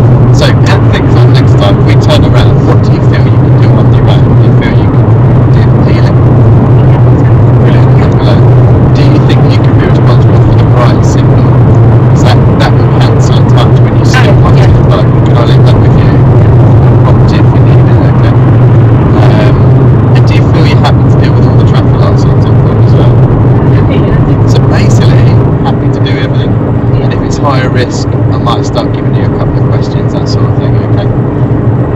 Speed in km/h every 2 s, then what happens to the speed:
82, 84, 85, 87, 89, 89, 90, 90, 87, 82, 81, 81, 81, 81, 82, 82.
0-14 steady at about 87. 14-19 slows to 81. 19-32 steady at about 81.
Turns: none.